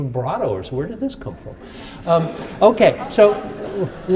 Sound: laughter

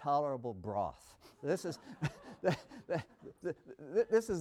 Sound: laughter

